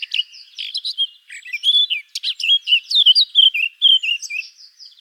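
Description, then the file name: Eurasian blackcap singing a continuous bright warble, mixing clear fluty notes with sharp chips and descending slurs, with no pauses. "Sylvia atricapilla"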